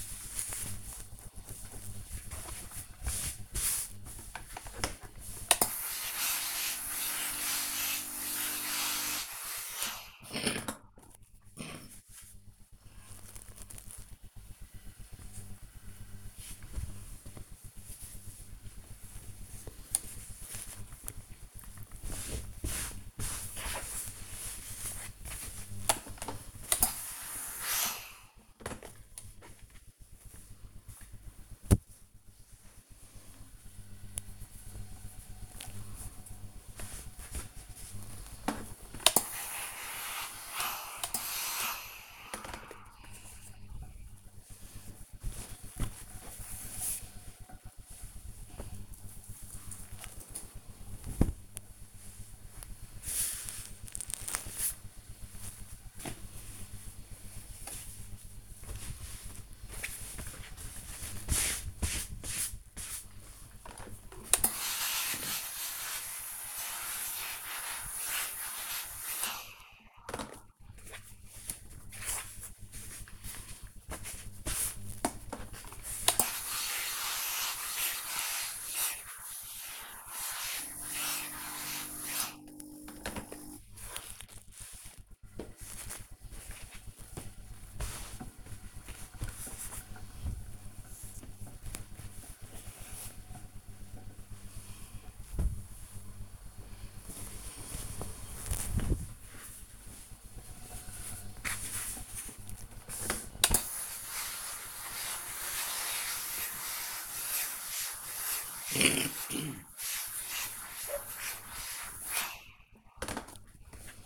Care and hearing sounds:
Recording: household activities, microphone on the right wrist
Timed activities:
0.00-45.66 s: ironing laundry
63.72-114.06 s: ironing laundry

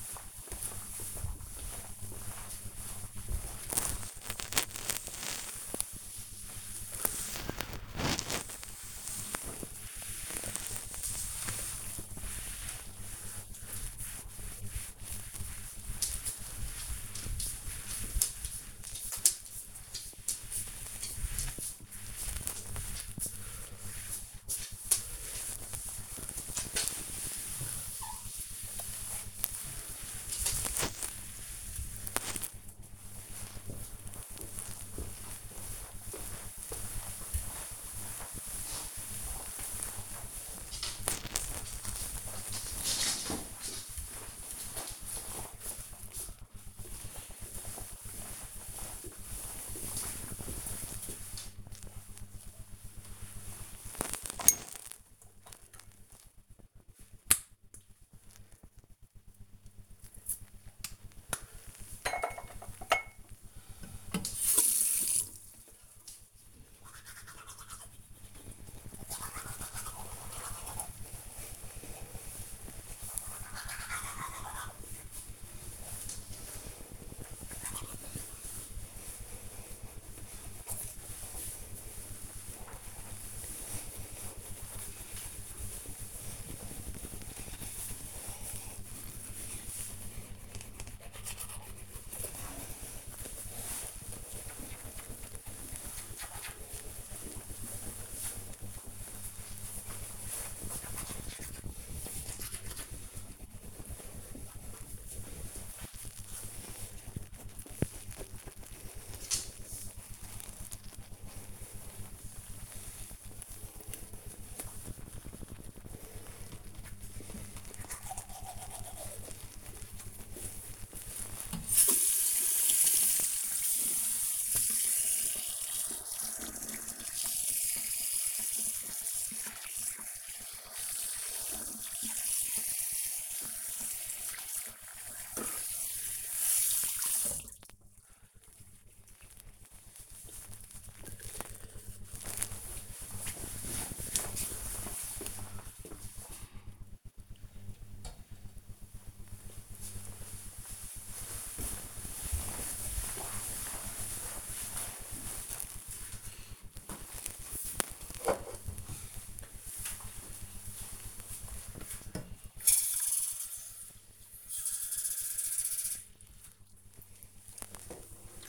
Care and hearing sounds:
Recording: household activities, microphone on the right wrist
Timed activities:
0.00-33.28 s: cleaning table
52.40-138.01 s: brushing teeth
156.12-168.49 s: drinking

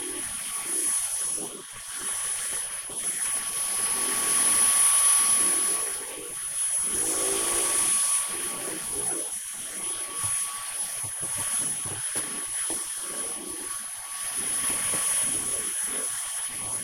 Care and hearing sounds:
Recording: household activities, microphone on the right wrist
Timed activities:
0.00-16.83 s: vacuum cleaning

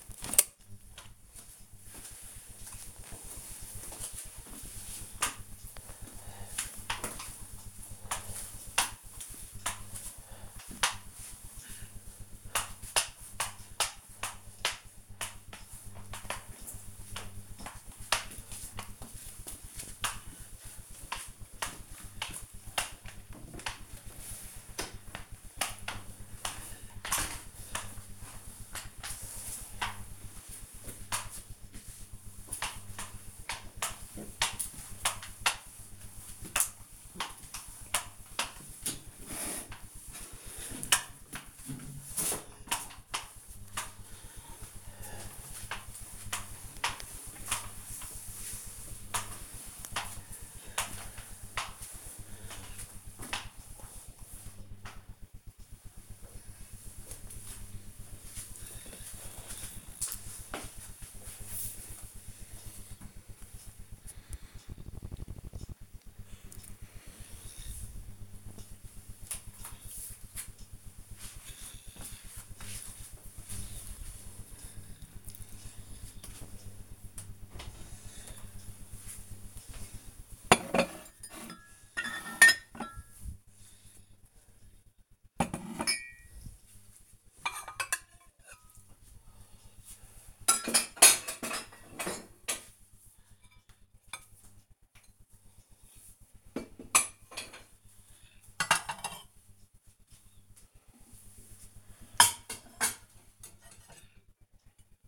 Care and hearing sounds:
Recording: household activities, microphone on the right wrist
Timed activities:
0.00-53.85 s: floor cleaning
78.03-105.08 s: putting away the dishes

